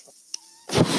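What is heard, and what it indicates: A soft click, then a loud rush of air as a person's own home mechanical ventilator delivers a breath.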